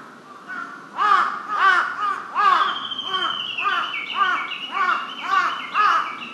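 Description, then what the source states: Large-billed crow uttering a steady series of harsh, arched caws, about two each second, over a faint high whistled note from another bird. Recorded 23 May 2007.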